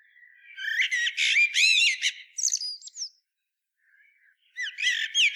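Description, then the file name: Common blackbird delivering a dense, warbled twittering phrase with thin whistled slurs, a short pause, then another squeaky burst of rapid notes. "Turdus merula"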